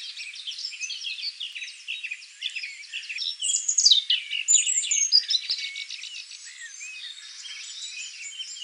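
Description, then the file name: European robin singing rapid, high tinkling phrases that mix sharp notes, brief trills and sliding whistles, switching pitch often over a quiet background. "Erithacus rubecula"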